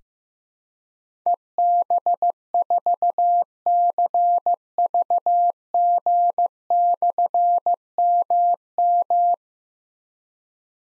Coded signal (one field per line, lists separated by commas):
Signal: Morse code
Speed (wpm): 15 wpm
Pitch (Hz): 700 Hz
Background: none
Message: EB4CVG/MM